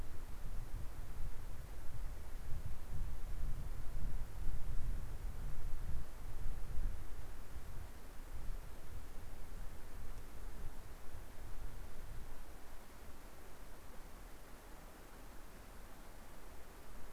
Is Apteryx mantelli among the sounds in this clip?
no